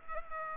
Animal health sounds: mosquito wingbeat signal from an infrared sensor; Culex pipiens

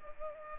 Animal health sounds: mosquito wingbeat signal from an infrared sensor; Culex pipiens

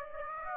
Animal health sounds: mosquito wingbeat signal from an infrared sensor; Aedes aegypti

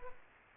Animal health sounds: mosquito wingbeat signal from an infrared sensor; Aedes aegypti

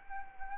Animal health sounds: mosquito wingbeat signal from an infrared sensor; Anopheles arabiensis

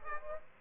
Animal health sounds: mosquito wingbeat signal from an infrared sensor; Aedes aegypti

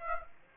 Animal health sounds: mosquito wingbeat signal from an infrared sensor; Aedes aegypti

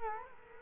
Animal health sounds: mosquito wingbeat signal from an infrared sensor; Culex quinquefasciatus

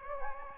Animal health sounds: mosquito wingbeat signal from an infrared sensor; Anopheles gambiae

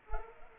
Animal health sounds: mosquito wingbeat signal from an infrared sensor; Culex pipiens

